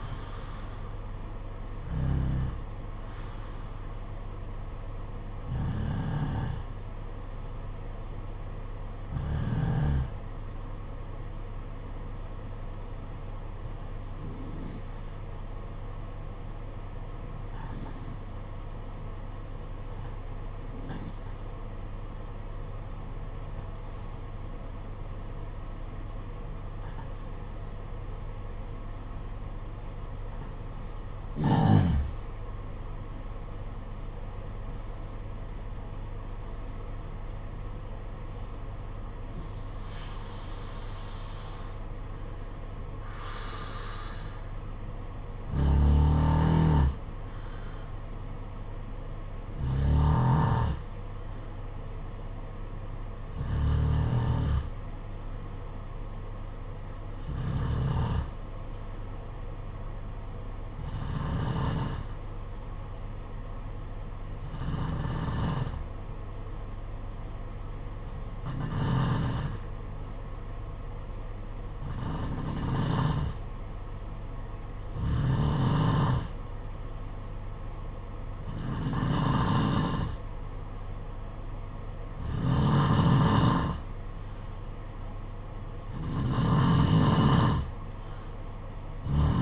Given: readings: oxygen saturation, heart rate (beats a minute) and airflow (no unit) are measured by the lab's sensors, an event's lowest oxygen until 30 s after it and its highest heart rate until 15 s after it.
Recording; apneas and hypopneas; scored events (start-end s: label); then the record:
breathing in sleep by a smartphone at the bedside; 2
4.00-29.50 s: hypopnea (N2, oxygen 95% highest, then 88% lowest, heart rate 54 at the start, 63 highest)
41.00-71.00 s: new sleep stage, N1 (lightest sleep)
56.00-81.00 s: hypopnea (N1, oxygen 95% highest, then 90% lowest, heart rate 53 at the start, 62 highest)
71.00-89.42 s: new sleep stage, N2 (light sleep)
From the record:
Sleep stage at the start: N2 (light sleep); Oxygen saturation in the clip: 87 to 95%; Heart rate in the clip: 53 to 63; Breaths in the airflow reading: 25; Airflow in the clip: -9.3 to 10.0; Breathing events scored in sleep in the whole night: 476 in 9.7 hours asleep